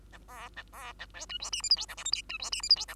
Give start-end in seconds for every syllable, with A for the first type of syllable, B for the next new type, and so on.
0.12-0.18 A, 0.28-0.49 B, 0.56-0.63 A, 0.73-0.93 B, 0.99-1.07 A, 1.14-1.26 C, 1.29-1.38 D, 1.40-1.50 E, 1.52-1.62 F, 1.62-1.70 G, 1.70-1.76 H, 1.76-1.86 I, 1.88-1.95 J, 1.97-2.04 K, 2.05-2.11 L, 2.12-2.22 M, 2.29-2.38 D, 2.39-2.50 E, 2.52-2.62 F, 2.62-2.69 G, 2.69-2.76 H, 2.76-2.86 I, 2.88-2.95 J